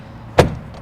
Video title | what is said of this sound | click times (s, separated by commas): 2022 Logan Coach Bullseye 3 Horse Bumper Pull | and then they pop into place so they aren't going to be sitting there slapping against the trailer while you're driving down the road | 0.4 s